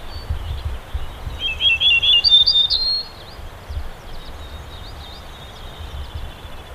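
Yellow-breasted bunting calls: a short run of rapid buzzy chirps rising in pitch, followed by faint scattered ticking notes over low rumbling background noise.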